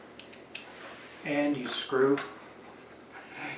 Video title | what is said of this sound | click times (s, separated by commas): Mad Catz C.T.R.L.i GamePad Hands-On Review | phone in place and then once you've got it you just snap it back on onto the back | 0.2 s, 0.5 s